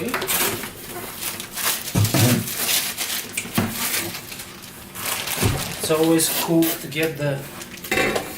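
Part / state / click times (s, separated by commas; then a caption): vacuum wand or attachment into cordless vacuum body / seated / 7.9 s. A plastic wand or attachment is pushed onto the main body of a Dyson V8 Absolute cordless HEPA stick vacuum during assembly while someone talks. Plastic handling noises and knocks build up to a sharp snap at 7.9 s as the part seats firmly into the body.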